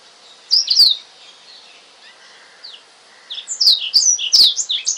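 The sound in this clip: Oriental magpie-robin song: a short whistled phrase, a quieter stretch with soft notes, then a louder burst of varied high whistles and clicks.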